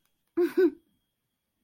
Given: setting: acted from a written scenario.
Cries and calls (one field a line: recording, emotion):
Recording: vocal sound without words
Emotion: pride